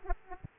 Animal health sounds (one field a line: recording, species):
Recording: mosquito wingbeat signal from an infrared sensor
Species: Aedes aegypti